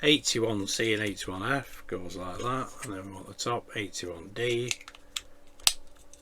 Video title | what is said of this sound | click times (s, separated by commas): IXO Willys MB Jeep build Stages 78 to 83 | There we go. That snaps into place. | 5.2 s, 5.7 s